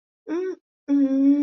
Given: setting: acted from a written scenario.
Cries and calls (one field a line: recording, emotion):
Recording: vocal sound without words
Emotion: shame